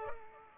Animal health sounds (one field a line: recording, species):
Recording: mosquito wingbeat signal from an infrared sensor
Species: Culex pipiens